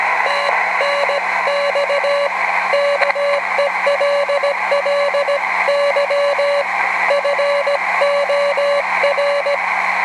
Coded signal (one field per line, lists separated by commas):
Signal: Morse code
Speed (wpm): 17 wpm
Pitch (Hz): 570 Hz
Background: radio noise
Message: TNX KELLY FOR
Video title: AF4O QRP Afield 2010 & WB3AAL_K4UPG QSO